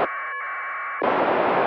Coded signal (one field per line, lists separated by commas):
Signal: packet radio (AX.25, as in APRS)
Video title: ISS packet QSO